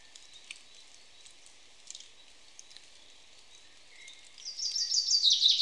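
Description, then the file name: Common chaffinch song begins late, a bright series of rapid high notes cut off at the end, after faint scattered chirps. "Fringilla coelebs"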